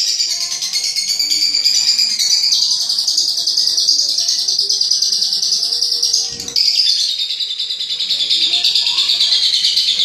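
Lovebird chatter, a steady shrill stream of high rapid notes that barely pauses, with faint lower sounds underneath.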